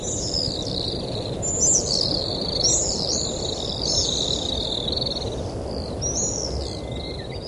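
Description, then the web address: Pacific swift screaming calls: thin, buzzy, rippling high trills that rise and fall almost without pause, over a steady low rumble of background noise. Recorded in Taiwan. "amatubame 鳥音補習班 鳥種清單 叉尾雨燕"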